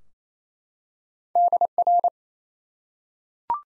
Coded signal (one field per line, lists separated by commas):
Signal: Morse code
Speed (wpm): 28 wpm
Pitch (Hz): 700 Hz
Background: none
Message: DR